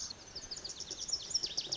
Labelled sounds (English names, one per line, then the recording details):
Lazuli Bunting
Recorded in Sonoma County, California